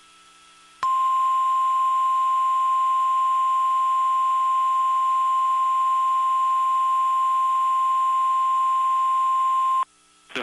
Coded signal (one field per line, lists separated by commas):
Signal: Emergency Alert System (SAME) tones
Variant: 1050 Hz attention tone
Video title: The Never Ending Storms 4! EAS Alerts from August 2nd to September 17th! [EAS #1,834 - #1,889]